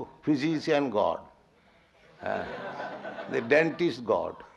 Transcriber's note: laughter